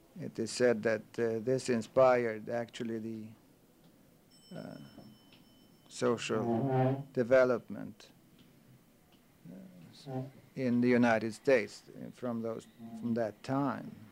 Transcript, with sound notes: he said that this inspired actually the social ( a chair can be heard scraping the floor on the tape ) development in the United States from those, at that time.